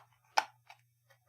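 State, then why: Seated. The plastic facial interface of a VR headset is pushed onto its clip points and snaps into place, fitted last because the head strap had to be threaded through first and the interface can cover that spot. A sharp, bright click lands at 0.4 s, followed by fainter ticks around 0.7 s and 1.1 s over a steady low hum. The interface is seated.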